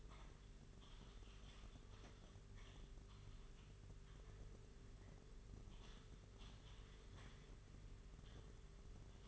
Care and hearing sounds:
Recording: daily activity, microphone in the room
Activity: typing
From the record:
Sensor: 4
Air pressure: 991.8 hPa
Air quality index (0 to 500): 120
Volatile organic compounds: 27 ppm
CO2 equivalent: 2880 ppm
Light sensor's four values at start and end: 19/65/24/24 and 20/65/24/24

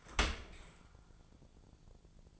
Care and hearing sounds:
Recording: daily activity, microphone in the room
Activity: open dishwasher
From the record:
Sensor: 5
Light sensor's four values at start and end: 41/93/40/44 and 41/93/40/43

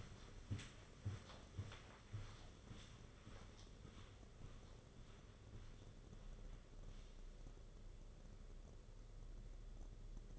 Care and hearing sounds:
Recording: daily activity, microphone in the room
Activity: walk to room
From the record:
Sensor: 4

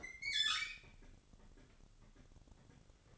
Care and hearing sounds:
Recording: daily activity, microphone in the room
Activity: open fridge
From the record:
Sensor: 4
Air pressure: 1008.6 hPa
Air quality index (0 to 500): 70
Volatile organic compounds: 1 ppm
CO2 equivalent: 619 ppm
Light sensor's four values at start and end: 16/36/15/15 and 15/35/14/15

